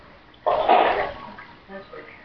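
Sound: sneeze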